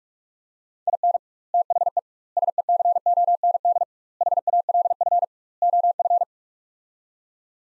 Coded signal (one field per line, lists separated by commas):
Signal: Morse code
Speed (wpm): 41 wpm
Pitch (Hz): 700 Hz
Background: none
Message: IN THE SECOND HALF OF